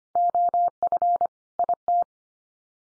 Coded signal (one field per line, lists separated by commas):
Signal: Morse code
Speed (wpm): 25 wpm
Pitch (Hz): 700 Hz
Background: none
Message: OF IT